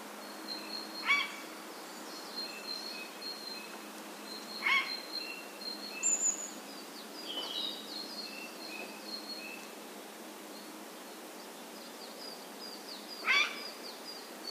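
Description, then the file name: Eurasian jay: a few harsh calls spread throughout, with thin whistled notes from other birds throughout. "kakesu"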